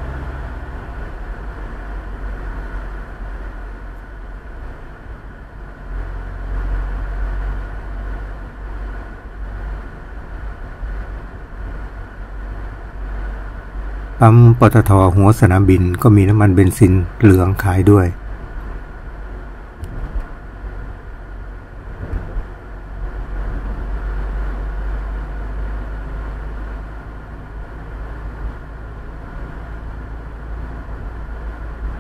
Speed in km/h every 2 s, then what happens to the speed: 34, 32, 32, 33, 35, 33, 34, 33, 33, 32, 32, 33, 37, 39, 39, 38.
0-19 steady at about 33. 19-26 speeds up to 39. 26-32 steady at about 39.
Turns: none.